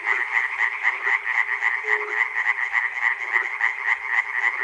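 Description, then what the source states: Frogs calling in a rapid, rattling chorus of regular pulses, with a single low held note midway. Frogs recorded at Chernobyl.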